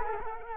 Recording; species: mosquito wingbeat signal from an infrared sensor; Culex quinquefasciatus